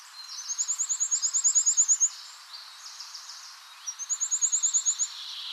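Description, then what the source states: Bird song in two bursts of rapid, very high-pitched trilled notes, each lasting about a second or two, with faint hiss between. Forest bird.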